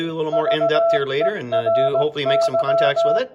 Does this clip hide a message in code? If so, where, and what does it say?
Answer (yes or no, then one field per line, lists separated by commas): yes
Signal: Morse code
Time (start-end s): 0.3-3.2 s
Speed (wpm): 17 wpm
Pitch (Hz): 670 Hz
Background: speech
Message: VERY